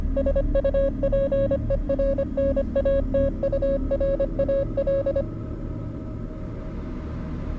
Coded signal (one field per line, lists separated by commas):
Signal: Morse code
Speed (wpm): 25 wpm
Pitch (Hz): 550 Hz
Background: none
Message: SUPERNATURAL